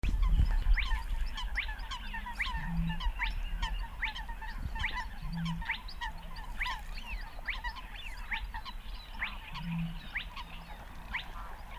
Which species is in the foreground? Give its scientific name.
Porzana porzana